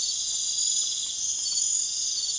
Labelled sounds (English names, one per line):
none